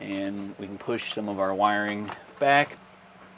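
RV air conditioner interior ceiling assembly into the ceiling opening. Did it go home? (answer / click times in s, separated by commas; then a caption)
no / none. An installer tucks the wiring back and handles the plastic interior ceiling assembly of a Furrion Chill Cube RV air conditioner, about to push it up into the ceiling opening of a 2025 Keystone Cougar Half-Ton travel trailer. Someone talks throughout, with a louder burst around 2.5 seconds. Nothing has seated or clicked yet.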